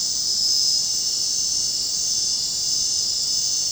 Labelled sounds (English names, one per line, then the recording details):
none
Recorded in dense forest near Puerto Asís, Putumayo, Colombia, on 22 June 2025 at 20:30
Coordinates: 0.499, -76.324
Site G100